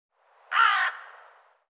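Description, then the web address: Bird calling with a single short, harsh, raspy caw, trailing off softly afterward. "cianscape birddata Deverinetal 2025"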